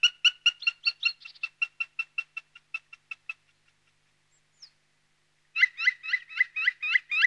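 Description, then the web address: Black woodpecker calling: a quick run of clipped notes that slows and fades, a pause, then a burst of sharper, rising notes. "Palokärki. nauhalaisen aanimaailmat"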